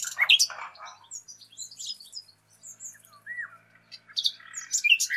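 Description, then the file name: Common nightingale singing varied phrases: quick high chirps and clicks, a clear slurred whistle near the middle, then dense bursts of sharp high notes toward the end. "Luscinia megarhynchos"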